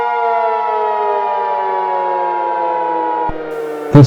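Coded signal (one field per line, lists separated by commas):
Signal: Emergency Alert System (SAME) tones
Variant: 853 and 960 Hz attention tone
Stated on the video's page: Fictional mini EAS scenario alert, not a real broadcast.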